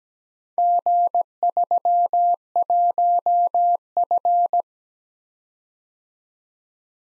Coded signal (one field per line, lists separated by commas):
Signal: Morse code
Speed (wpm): 18 wpm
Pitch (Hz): 700 Hz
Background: none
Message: G31F